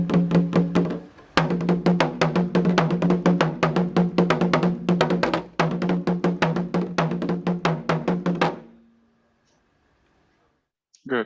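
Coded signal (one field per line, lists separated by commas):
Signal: talking drum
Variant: Akan atumpan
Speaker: So this is a video of a drama conveying information using the drums. So people that understand drum language, or the people who are part of a community, would understand what the drama is trying to put across.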